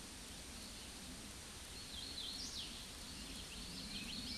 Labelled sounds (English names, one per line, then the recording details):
Hooded Warbler song
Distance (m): 60 m
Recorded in a Pennsylvania forest on 18 May 2023 at 08:51
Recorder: AudioMoth, point grid1_34_low
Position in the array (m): 155 m, 129 m